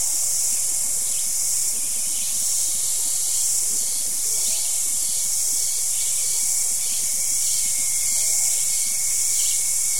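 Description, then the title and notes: Cicadas droning in a steady, high-pitched shrill chorus. Cicadas calling at the end of the day in a wet jungle in Costa Rica. "as Cicadas bring an end to the day"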